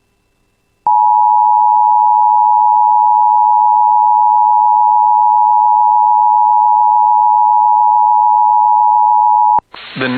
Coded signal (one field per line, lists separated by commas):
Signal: Emergency Alert System (SAME) tones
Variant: 853 and 960 Hz attention tone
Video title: [EAS] Severe Thunderstorm Watch for the Bemidji Area (7/6/26)